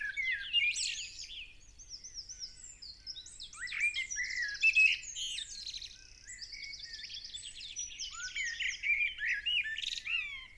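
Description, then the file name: Common blackbird song, a dense run of varied warbled phrases mixed with high squeaky twitters and buzzy trills, continuous over ten seconds with faint low background hum. "Turdus merula"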